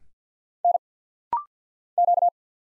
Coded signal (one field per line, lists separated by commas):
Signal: Morse code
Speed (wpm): 50 wpm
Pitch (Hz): 700 Hz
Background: none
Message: N Q